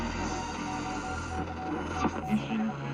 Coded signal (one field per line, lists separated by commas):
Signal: Morse code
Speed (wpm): 26 wpm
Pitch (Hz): 750 Hz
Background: speech, music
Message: ROCKS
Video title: 1150 KSEN Shelby, MT DX Test